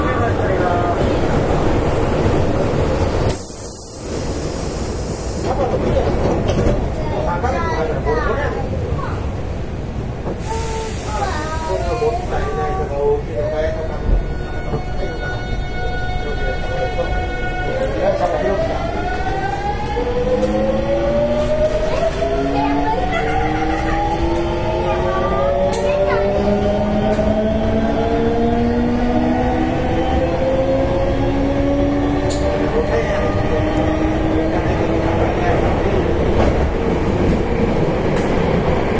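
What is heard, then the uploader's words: Inside a running express train, steady low rumble under speech, with rising motor whine from about eighteen seconds and brief hisses near four and ten seconds. 阪急電鉄8000系電車の走行音です。 神戸線の特急列車で録音しました。 区間は新開地から梅田までです。 Running sound of Hankyu Railway 8000 series train. Express train of Kobe Line.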